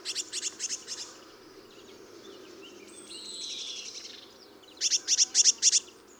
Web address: SETE data Cyanistes caeruleus